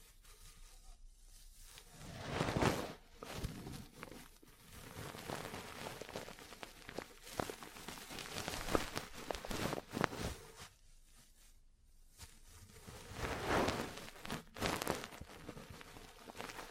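Ear cleaning and tapping sounds: dense, crackly scratching bursts that swell and fade, with louder rubbing peaks near 3 and 13 seconds.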